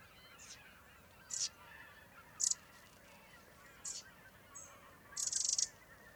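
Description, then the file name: Eurasian wren calling with a series of brief, high, harsh ticking bursts, ending in a longer pulsed rattle, against faint background chatter. "Troglodytes troglodytes"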